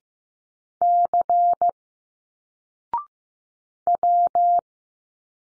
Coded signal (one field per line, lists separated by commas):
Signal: Morse code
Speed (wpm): 15 wpm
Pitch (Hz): 700 Hz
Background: none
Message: C W